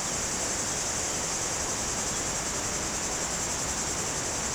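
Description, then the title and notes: Cicada: a continuous high, hissing buzz that never breaks, steady throughout, over the broad rushing sound of flowing water. Cicadas very active in trees near the Jourdan river on the slopes of the Grand Colombier above Culoz, France, on a hot day; river audible. "Chem. de Romagnieux, 01350 Culoz, France - Rivière et cigales. Sur les pentes du Grand Colombier au dessus de Culoz , par cette chaude journée les cigales sont très actives dans les arbres près du Jourdan"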